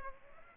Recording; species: mosquito wingbeat signal from an infrared sensor; Aedes aegypti